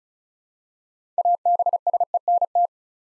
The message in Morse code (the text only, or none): ABSENT